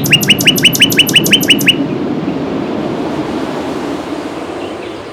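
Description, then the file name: Common nightingale song: a fast series of sharp down-slurred notes, then stopping, leaving steady low rumbling background noise. "Luscinia megarhynchos"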